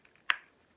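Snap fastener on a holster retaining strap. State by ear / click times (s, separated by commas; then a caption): released / 0.3 s. The snap fastener on the retaining strap of a Stoner shoulder holster for a Ruger LCR is unsnapped. Two faint ticks come at 0.05 and 0.16 s, then one sharp, bright pop at 0.3 s as the snap opens and the strap is released.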